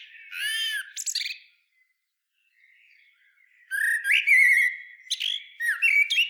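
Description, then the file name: Common blackbird song: a fluting whistled phrase with a squeaky flourish, a quiet gap, then a longer phrase of rich whistles and high chattering twitters. "Turdus merula"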